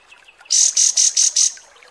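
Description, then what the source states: Kapas tembak bird call: five loud, very high, buzzy notes in quick, even succession, then quiet. Masteran (tutor song) for training cage birds, described as mewah (luxurious).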